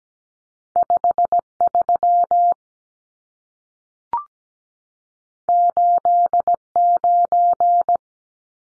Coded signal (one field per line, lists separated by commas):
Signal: Morse code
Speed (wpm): 17 wpm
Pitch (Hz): 700 Hz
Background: none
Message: 53 89